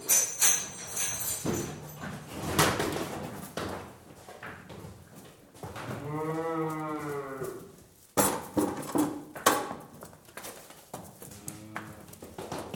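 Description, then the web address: Cattle calls, a clear harmonic bleating moo around the middle, a fainter one near the end, amid clanking, bumping and shuffling movement. Live acoustic recording of cow and calf; the cow is chained up while a calf scampers in behind it; a plastic bucket is put on the floor. "BBC Cattle. live acoustic calf scampers in behind cow chained up plastic bucket put on floor"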